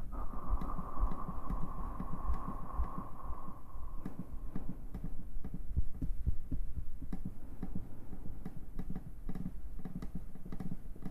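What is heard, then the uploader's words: Soft mouth sounds and hand movements over a low, throbbing hum, with a steady tone fading out around four seconds and scattered clicks throughout. ASMR Tingly Mouth Sounds & Hand Movements.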